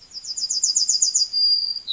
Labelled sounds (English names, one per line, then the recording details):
Yellowhammer song
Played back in forest
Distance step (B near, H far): C
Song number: 113